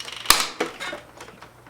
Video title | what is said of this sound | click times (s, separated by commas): NERF Vulcan Review | there all right if you if you heard that crack that's okay don't be alarmed the gun will actually | 0.3 s